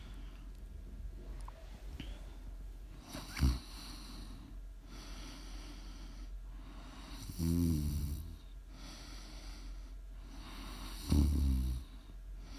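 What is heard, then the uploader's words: Deep, rumbling snores rise about every four seconds, near 3.5, 7.5 and 11 seconds, with soft hissing breaths and a low hum between. ASMR snoring.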